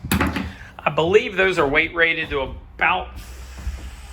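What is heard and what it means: A removable tie-down anchor is unlocked from the aluminum floor track of a 2021 Neo 7x12' NAMR aluminum enclosed motorcycle trailer by lifting it, pressing down with a thumb, and pulling it out. A sharp metallic clack at 0.1 s marks the anchor coming free, followed by a few quieter knocks. Someone then talks.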